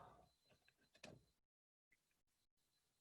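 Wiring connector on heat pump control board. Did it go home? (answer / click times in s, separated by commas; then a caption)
yes / 1.0 s. A wiring connector on a heat pump control board is pushed back onto the board's pins with a finger until it locks, giving a sharp click at 1.0 s after some rustling handling noise. The connector seats with a good, firm lock, followed by a quiet stretch with faint hum.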